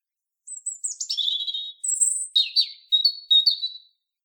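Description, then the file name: European robin song, a continuous phrase of high thin whistles sliding down into liquid twitters, ending in clear, repeated chirping notes. "Erithacus rubecula"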